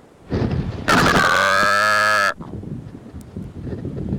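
Secretarybird giving one harsh, nasal, drawn-out croak lasting about a second and a half, rich and buzzy in tone, with low rustling noise before and after.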